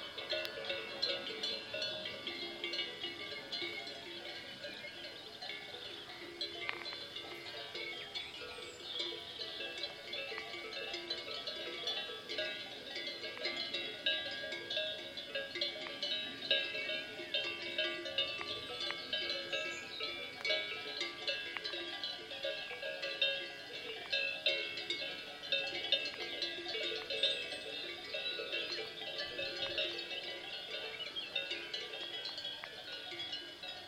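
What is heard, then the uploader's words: Many cowbells ring at once from a herd of cattle, a dense, steady clatter of overlapping metallic tones that never pauses for the full length. The bells sit in a bright, clanging middle range, with occasional sharper knocks rising above the constant jangle. More Cowbell. A cowbell performance put on by the Asturias Cattle Symphony. In Situ Season 1 episodes are 5 minutes of ambient sound recorded along del Norte, the northern coastal route of the Camino de Santiago network of pilgrimage paths converging in Spain.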